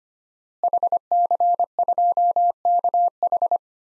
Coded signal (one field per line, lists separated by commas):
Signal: Morse code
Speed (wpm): 25 wpm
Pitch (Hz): 700 Hz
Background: none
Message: HC2KH